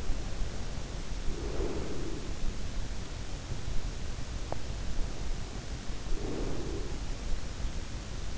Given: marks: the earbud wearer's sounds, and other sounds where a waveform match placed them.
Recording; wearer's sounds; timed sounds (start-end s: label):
sounds in sleep by an in-ear microphone; breath, teeth grinding
0.00-3.07 s: breath
4.38-4.78 s: teeth grinding
5.78-7.88 s: breath